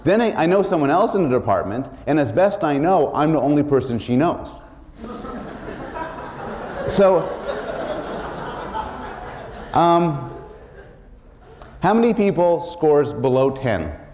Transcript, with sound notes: Then I know someone else in the department and, as best I know, I’m the only person she knows. [laughter] So, how many people scores below ten